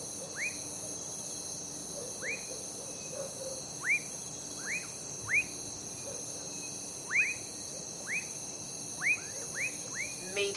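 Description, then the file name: Crickets hold a steady, shimmering high-pitched drone throughout, while frogs give several short calls. Night crickets, heard together with frogs. "night crickets and frogs"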